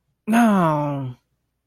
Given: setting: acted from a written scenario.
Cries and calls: vocal sound without words; disappointment

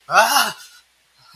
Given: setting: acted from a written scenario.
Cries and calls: vocal sound without words; fear

